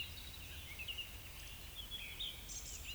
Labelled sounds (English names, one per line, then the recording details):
Eurasian Woodcock whistle
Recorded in Baden-Württemberg, Germany, on 10 May 2021 at 19:20 UTC
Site 24606, 635 m above sea level